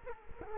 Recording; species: mosquito wingbeat signal from an infrared sensor; Culex quinquefasciatus